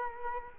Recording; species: mosquito wingbeat signal from an infrared sensor; Culex quinquefasciatus